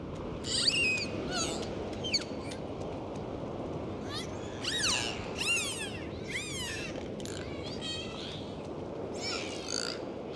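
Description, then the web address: Dolphin whistles: repeated short rising and falling high squeals with bursts of clicks, scattered throughout over constant underwater hiss. "prirodni zvuci za deca zvuci ot delfini"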